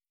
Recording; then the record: hydrophone in a shrimp aquaculture tank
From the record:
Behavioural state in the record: starved